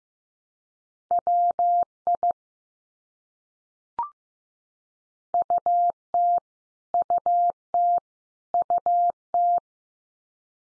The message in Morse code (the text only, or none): WI UT UT UT